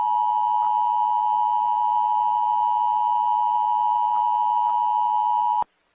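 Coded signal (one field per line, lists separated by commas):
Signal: Emergency Alert System (SAME) tones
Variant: 853 and 960 Hz attention tone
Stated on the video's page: Fictional EAS scenario, simulated hazardous materials alert set in Florida.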